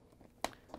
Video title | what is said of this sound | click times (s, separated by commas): How To: Whirlpool/KitchenAid/Maytag Timer Knob WP22003993 | To lock it on, all you have to do is push down on it | 0.4 s